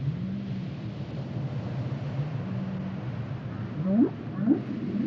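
Whale song with long low droning moans, then two sharp rising upsweeps near the end, over a constant deep rumbling background.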